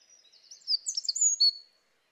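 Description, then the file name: Eurasian wren singing a brief, very high, scratchy phrase of quick notes ending in a sharp whistled note, about one second long. "Troglodytes troglodytes"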